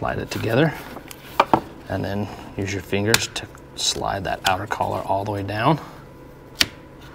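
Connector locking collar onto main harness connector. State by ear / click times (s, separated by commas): seated / 6.6 s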